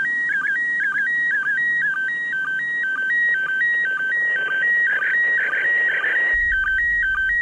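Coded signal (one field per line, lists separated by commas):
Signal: SSTV (slow-scan television)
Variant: PD120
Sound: steady whistling tone jumping between two pitches in a regular rhythm, with static bursts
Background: radio static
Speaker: pause for a second, and then I'll usually do another one.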